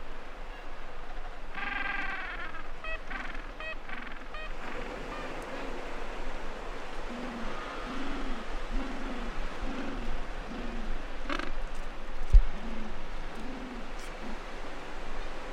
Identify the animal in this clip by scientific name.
Pygoscelis papua